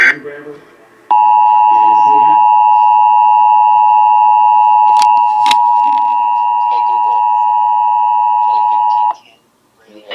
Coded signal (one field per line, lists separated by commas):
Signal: Emergency Alert System (SAME) tones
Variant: 853 and 960 Hz attention tone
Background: speech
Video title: NOAA Radio (EAS # 532-534) Child Abduction Emergency 11/8/18